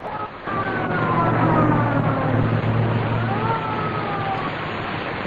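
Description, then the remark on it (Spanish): Sirens of several ambulances, all coming from the same area during a shooting, wail with slowly gliding tones over a dense, loud rumble of traffic noise and a steady low drone, continuing throughout with no voices. “Las ambulancias vienen todas del mismo sector, porque el tiroteo está centrado en el sitio contrario.”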